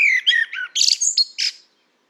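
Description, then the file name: Common blackbird song phrase, a few mellow fluted notes dropping in pitch, then a quick burst of thin, squeaky high twittering that ends the phrase. "Turdus merula"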